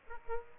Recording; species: mosquito wingbeat signal from an infrared sensor; Aedes aegypti